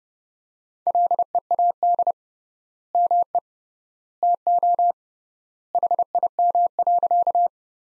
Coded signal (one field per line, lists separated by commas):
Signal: Morse code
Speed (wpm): 30 wpm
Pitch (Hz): 700 Hz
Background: none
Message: LEAD ME TO HIM.